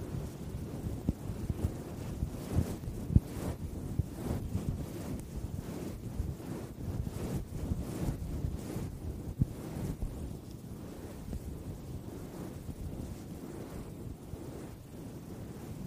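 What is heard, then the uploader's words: A microphone scratches and brushes against a raw speaker grill, producing a dense, continuous low rumble with rough, rustling texture. Brief sharper scrapes stand out near three seconds and again around nine seconds, and the scratching thins slightly toward the end. No voices are present. ASMR THE ULTIMATE MIC TRIGGER TEST on NEW Blue Yeti Pro (mic brushing, mic scratching, no talking). Mic Scratching on Raw Speaker Grill.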